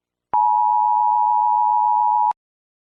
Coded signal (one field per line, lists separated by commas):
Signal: Emergency Alert System (SAME) tones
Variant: 853 and 960 Hz attention tone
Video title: EAS murder drones scenario (the fall of the US government)